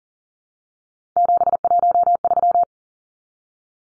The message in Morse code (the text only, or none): 713